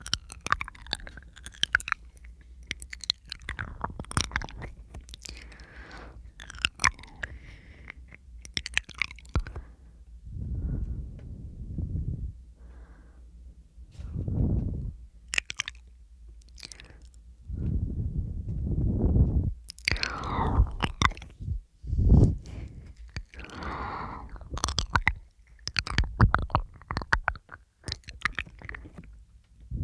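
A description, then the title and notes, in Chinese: Mouth sounds: wet clicks and smacks crowd the first ten seconds, then slower, muffled chewing bursts arrive every few seconds. From about twenty seconds, sharp bright crunches and bites mix in with the low chomping, all dry. 口腔助眠asmr。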